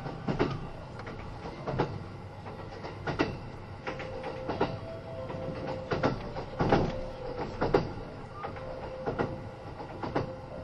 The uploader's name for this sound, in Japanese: 近鉄80000系 (10番台日立製)ひのとり3113レ 01/01:近鉄名古屋～五十鈴川